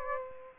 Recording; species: mosquito wingbeat signal from an infrared sensor; Aedes aegypti